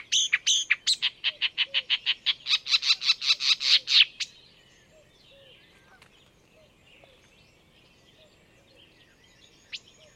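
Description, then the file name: Marsh warbler singing a fast series of repeated high notes for about four seconds, then falling quiet, with soft low chirps continuing in the background. "enekes nadiposzata hangja"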